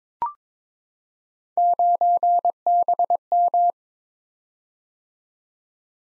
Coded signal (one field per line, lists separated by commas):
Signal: Morse code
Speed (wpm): 22 wpm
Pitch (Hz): 700 Hz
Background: none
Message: 9BM